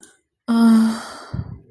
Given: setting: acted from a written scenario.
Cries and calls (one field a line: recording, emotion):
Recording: vocal sound without words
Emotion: sadness